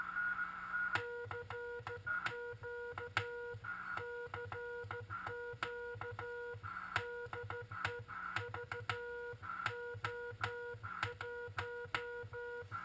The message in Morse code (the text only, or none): CQ CQ DE VO1